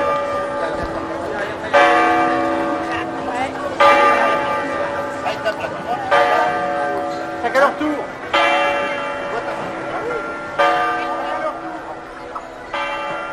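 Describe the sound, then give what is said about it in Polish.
A clock-tower bell without a clapper is struck from the outside by two twin figures, Mara and Bara, to mark the hour: about six ringing, metallic blows spaced roughly two seconds apart, each sustained tone decaying into the next, with faint murmuring underneath. “a na górze wszystko jest połączone z dzwonnikiem, gdzie mamy dzwon bez serca, uderzany z zewnątrz przez dwóch naszych bliźniaków, Mara i Bara.”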